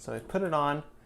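A plastic container or lid is being handled and put onto a Vitamix A2300 blender. Someone talks throughout. The part has not seated or clicked yet by the end of the clip.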